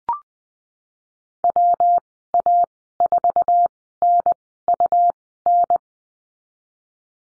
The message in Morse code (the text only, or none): WA4NUN